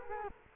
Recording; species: mosquito wingbeat signal from an infrared sensor; Culex quinquefasciatus